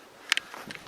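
A Fiskars X7 hatchet head is slid into its plastic blade sheath until the blade's lip drops into place. A sharp, bright click at 0.3 s is followed by a second click at 0.4 s and fainter ticks around 0.5 to 0.8 s. The head seats nice and snug in the sheath.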